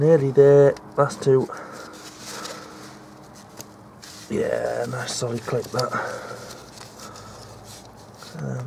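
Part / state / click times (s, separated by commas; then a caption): injector loom connector onto diesel injector / not seated / none. Someone talks while an injector loom connector is handled onto a diesel injector on a VW/Audi/Skoda PD engine, with a few brief handling noises between the speech. The last connector has not clicked or seated yet.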